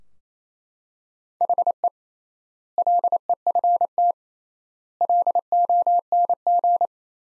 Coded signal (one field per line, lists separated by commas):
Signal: Morse code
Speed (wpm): 28 wpm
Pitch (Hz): 700 Hz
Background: none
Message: HE LEFT LONG